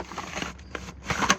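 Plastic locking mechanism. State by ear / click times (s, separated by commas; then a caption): seated / 1.3 s. An accordion-style collapsible stool is pulled all the way up, with scattered light crackles and ticks building toward a brief louder stretch around 1.1 seconds. A sharp snap at 1.3 seconds marks the stool locking into its extended, open position.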